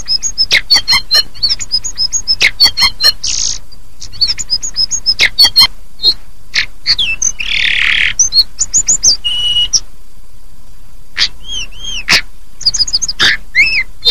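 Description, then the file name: Hill blue flycatcher song, a busy run of high arched whistles, sharp clicks and ticks, with a harsh buzzy burst near the middle and short pauses between phrases. "tledekan atau sulingan"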